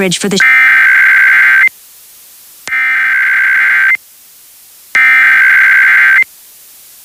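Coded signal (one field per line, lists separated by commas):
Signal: Emergency Alert System (SAME) tones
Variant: header bursts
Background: speech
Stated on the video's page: Simulated EAS scenario in a fictional film, not a real alert.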